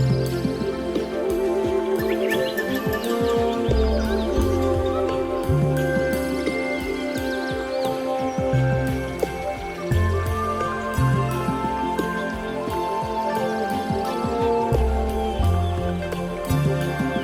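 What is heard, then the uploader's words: Calm music plays at a steady level, with sustained layered tones over a low bass line that shifts to a new note every second or two. Light tinkling, chime-like notes sparkle above throughout, and soft chirping sounds drift in the upper range. Calming Music - Nature Sounds, Zen Music.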